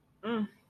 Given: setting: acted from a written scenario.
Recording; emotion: vocal sound without words; neutral